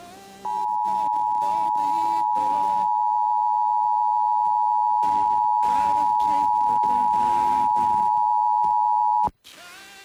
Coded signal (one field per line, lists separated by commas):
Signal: Emergency Alert System (SAME) tones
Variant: 853 and 960 Hz attention tone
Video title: EAS #722-723: 2 EAS Required Monthly Tests- Dec. 7, 2022- 12:15AM PST